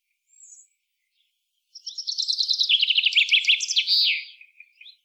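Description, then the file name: Common chaffinch song: after a brief faint chirp, a lively trill tumbles downward in pitch and ends with a rolling flourish, followed by a couple of soft notes. "Fringilla coelebs"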